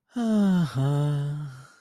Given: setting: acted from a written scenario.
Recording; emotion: vocal sound without words; serenity